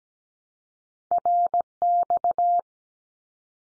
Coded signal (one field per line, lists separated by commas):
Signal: Morse code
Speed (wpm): 17 wpm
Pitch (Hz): 700 Hz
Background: none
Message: RX